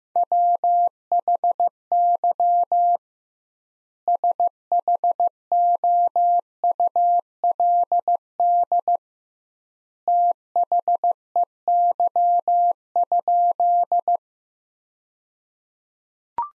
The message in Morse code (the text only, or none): WHY SHOULD THEY?